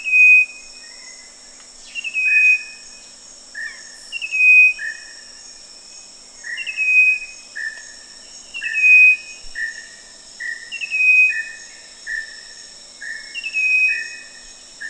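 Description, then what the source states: Striped wren-babbler whistles, a clear falling note repeated roughly every two seconds, interleaved with lower flat whistled notes, against continuous high-pitched insect buzzing. Recorded at Danum on 1 March 2008.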